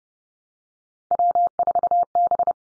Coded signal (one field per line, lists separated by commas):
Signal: Morse code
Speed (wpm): 32 wpm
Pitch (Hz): 700 Hz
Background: none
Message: W4B